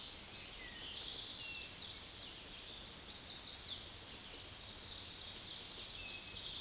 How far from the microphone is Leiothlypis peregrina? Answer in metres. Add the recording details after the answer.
about 30 m. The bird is about 20 m above the microphone. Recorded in a Pennsylvania forest on 16 May 2024 at 06:32. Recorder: AudioMoth, point MSD-2306. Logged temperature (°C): 15.6 °C. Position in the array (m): 73 m, 76 m